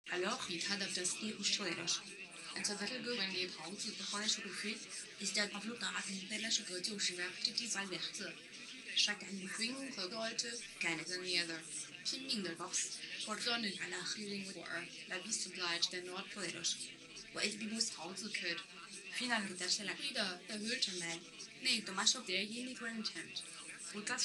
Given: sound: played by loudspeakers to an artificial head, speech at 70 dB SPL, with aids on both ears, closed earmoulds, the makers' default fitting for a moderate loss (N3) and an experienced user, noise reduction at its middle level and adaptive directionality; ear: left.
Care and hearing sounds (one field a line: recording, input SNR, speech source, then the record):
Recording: speech test signal (ISTS) in cocktail-party noise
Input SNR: +9 dB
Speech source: on the right (90 degrees)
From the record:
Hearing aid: class 1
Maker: H